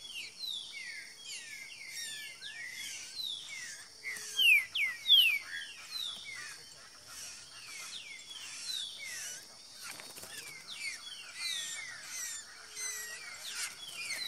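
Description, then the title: Green-winged saltator song: rapid, overlapping whistled phrases of falling and rising notes, loud at times, with a brief rushing noise in the middle. Bird called Nicão, in the bush, singing in a dispute with a free-living bird. "Trinca Ferro NICÃ O No Mato Disputando Com Solto"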